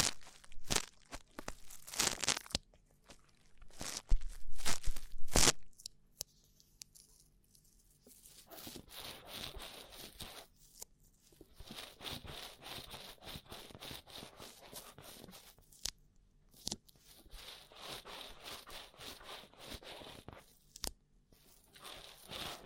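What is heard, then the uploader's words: Rough ear cleaning: dense, scratchy crackling and rustling that runs almost continuously, with loud crunchy scrapes in the first six seconds. After a brief quieter stretch near seven seconds, steadier rapid rubbing returns, broken by a few sharp pops and short pauses. ASMR Rough Ear Cleaning (No Talking).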